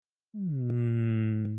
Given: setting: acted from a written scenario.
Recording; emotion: vocal sound without words; guilt